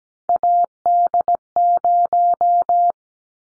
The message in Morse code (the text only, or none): AD0